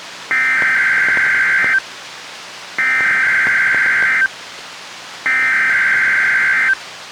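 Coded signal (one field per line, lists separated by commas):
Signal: Emergency Alert System (SAME) tones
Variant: header bursts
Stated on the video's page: NOAA Weather Radio Required Weekly Test relayed by an Olympia transmitter, received on a Reecom R-1630 weather radio and recorded to a Zoom H1.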